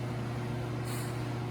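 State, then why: Not seated. The left front half-shaft, a steel CV axle from a 2012 Honda Odyssey, is fed in and started into the transmission differential splines, to be slammed home like a slide hammer afterward. A steady low hum with tonal bands near 100–130 Hz and 350 Hz runs under broadband noise, with a brief high hiss from about 0.9 to 1.1 s. The axle has not seated or clicked yet.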